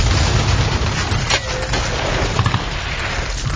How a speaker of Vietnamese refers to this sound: Vừa lúc đó, mấy loạt súng bắn ào ào tới.